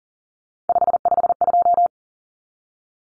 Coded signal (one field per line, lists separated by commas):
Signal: Morse code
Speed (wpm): 40 wpm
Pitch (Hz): 700 Hz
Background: none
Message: 552